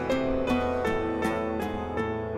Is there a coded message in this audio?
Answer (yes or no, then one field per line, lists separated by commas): no